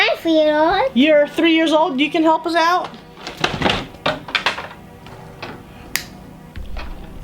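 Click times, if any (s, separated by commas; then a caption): 6.0 s. A child fits a plastic piece onto a Rusty Rivets Jet Pack TigerBot toy robot during assembly while someone talks. There is some handling and fumbling, and the piece snaps into place with a sharp click at 6.0 s, fully seated.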